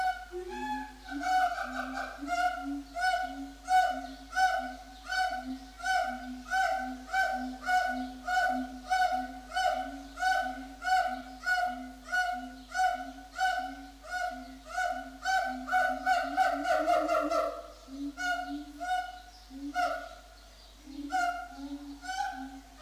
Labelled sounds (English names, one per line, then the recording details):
Siamang
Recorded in captivity
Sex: pair
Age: adult
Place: Zoo Berlin, Berlin, DE
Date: 2004-06-07 12:53
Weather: heiter, 23-25 °C
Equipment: Sony WM-D6C, Sennheiser ME 80, Kopie Uher 4000 Report Monitor
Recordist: Tembrock, Günter